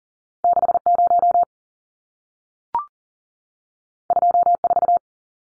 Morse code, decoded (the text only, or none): 60 24